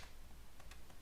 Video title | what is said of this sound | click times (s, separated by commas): No Prep Drag Car Build on Traxxas Platform (Slash 2wd and Bandit VXL) Part 12 Rear Aluminum Hex | and it'll snap in place all right | 0.7 s